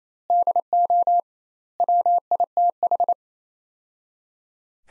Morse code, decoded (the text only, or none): DO WITH